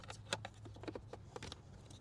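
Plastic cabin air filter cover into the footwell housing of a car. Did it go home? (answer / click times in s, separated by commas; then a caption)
no / none. After replacing the stacked cabin air filters in a Tesla, the plastic cabin air filter cover is lined up at the top of the footwell housing and handled into position. There is a sharp plastic tap at about 0.3 s, followed by light scraping and rattling. Nothing has seated or clicked yet.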